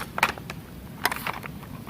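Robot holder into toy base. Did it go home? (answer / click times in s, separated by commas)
no / none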